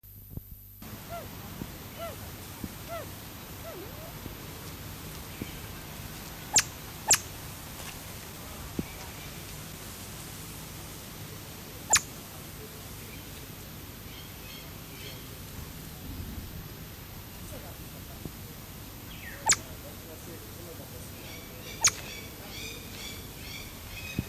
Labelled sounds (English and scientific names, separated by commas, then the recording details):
Siamese Fireback (Lophura diardi) call
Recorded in captivity
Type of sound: call
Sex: pair
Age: adult
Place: Zoo Berlin, Berlin, DE
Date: 2005-08-10 16:55
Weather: fair, 17°C
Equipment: Sony WM-D6C, Sennheiser ME 80, Kopie Uher 4000 Report Monitor
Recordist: Tembrock, Günter
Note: Zuerst das Weibchen am Gitter, dann das Männchen